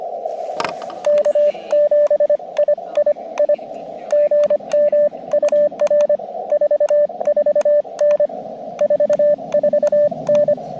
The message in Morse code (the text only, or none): K7II I GM UR 44N 44N